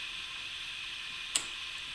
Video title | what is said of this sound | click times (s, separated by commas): KEEPING THINGS OLD SCHOOL! | Clicks right in. | 1.4 s